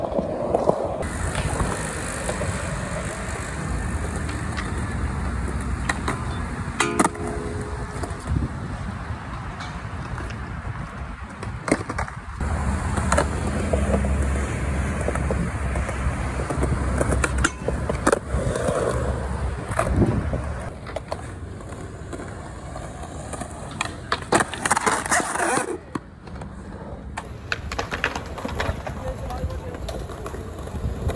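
Skateboarding, with a continuous low rumble of wheels rolling over pavement that swells and fades as the board passes. Sharp clacks and thuds land every few seconds, clustered around 7, 12, 18–20 and 25 seconds, and faint voices and traffic sit in the background.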